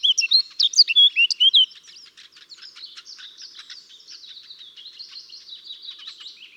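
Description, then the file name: Eurasian blackcap giving a short burst of loud, clear, fluty notes, followed by a quiet, continuous scratchy warble. "Sylvia atricapilla"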